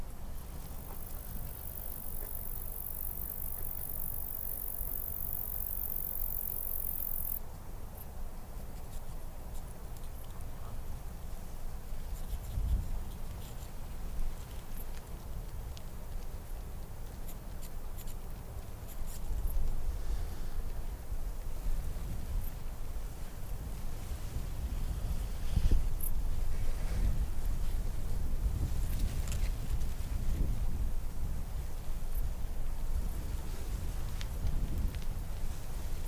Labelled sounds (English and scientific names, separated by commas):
Dark Bush-cricket (Pholidoptera griseoaptera) stridulation